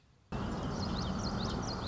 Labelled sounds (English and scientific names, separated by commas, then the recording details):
Common Yellowthroat (Geothlypis trichas)
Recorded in Sonoma County, California